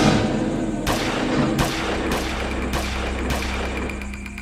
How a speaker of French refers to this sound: Vers 1h du matin, 5 à 6 coups de feu claquent dans la nuit.